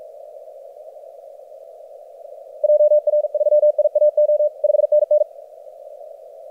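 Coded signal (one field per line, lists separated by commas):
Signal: Morse code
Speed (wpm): 48 wpm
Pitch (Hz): 590 Hz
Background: radio noise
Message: JR3IAO 5NN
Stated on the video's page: Morse from a Maldives DX station during a pile-up.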